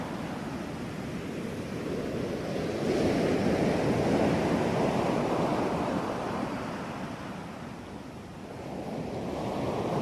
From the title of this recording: Waves Night Beach Gentle - Taormina, Sicily, Italy